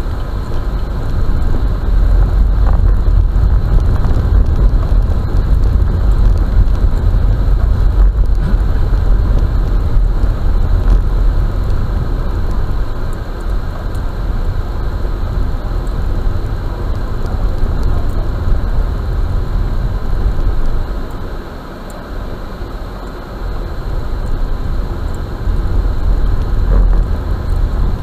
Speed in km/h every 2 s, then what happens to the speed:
21, 24, 23, 22, 16, 17, 13, 14, 18, 18, 9, 9, 18, 20.
4-13 slows to 13. 13-18 steady at about 18. 18-20 brakes to 9. 22-28 speeds up to 20.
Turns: none.